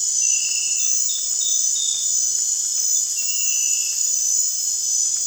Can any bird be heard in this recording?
no